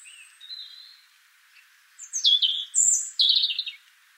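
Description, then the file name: European robin giving soft high whistles, then three loud quick tumbling warbled phrases in close succession. "Erithacus rubecula"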